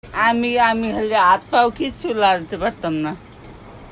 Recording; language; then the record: elicited speech; Bengali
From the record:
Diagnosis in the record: Broca's or global aphasia after a stroke